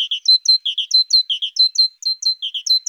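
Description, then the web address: Great tit song, a rapid repeated phrase of high, bright notes cycling continuously throughout, with no other sounds. "Parus major"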